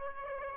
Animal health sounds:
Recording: mosquito wingbeat signal from an infrared sensor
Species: Aedes aegypti

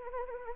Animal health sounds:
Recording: mosquito wingbeat signal from an infrared sensor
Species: Anopheles arabiensis

